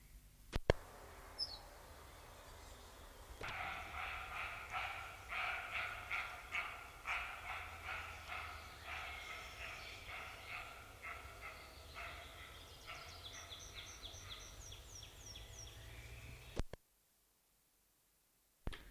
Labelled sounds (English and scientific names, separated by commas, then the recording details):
Western Roe Deer (Capreolus capreolus) call
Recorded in the wild
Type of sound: call
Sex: male
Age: adult
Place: Schloß Holte-Stukenbrock, Senne, Nordrhein-Westfalen, DE
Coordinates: 51.8667, 8.66667
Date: 1968-06-16
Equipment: Uher 4000 Report-S, Bändchenmikro Beyer M 260, Parabolspiegel Polyester (470 mm)
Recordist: Conrads, Klaus
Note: Stukenbrock, Furlbach-Gebiet. Männchen (Rehbock): Schrecken